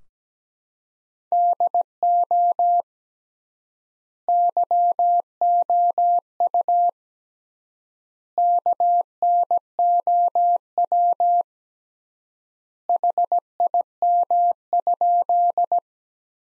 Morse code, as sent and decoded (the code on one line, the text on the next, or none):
-.. --- / -.-- --- ..- / -.- -. --- .-- / .... .. -- ..--..
DO YOU KNOW HIM?